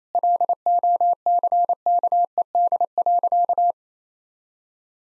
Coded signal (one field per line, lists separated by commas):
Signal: Morse code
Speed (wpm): 28 wpm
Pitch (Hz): 700 Hz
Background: none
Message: LOCKED.